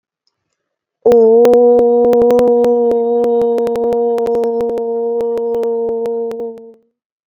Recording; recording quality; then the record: sustained vowel as in boot; excellent, no background noise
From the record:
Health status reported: recovered from COVID-19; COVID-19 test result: negative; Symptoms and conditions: none ticked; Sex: female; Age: 24 years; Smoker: not ticked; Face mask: worn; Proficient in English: yes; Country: India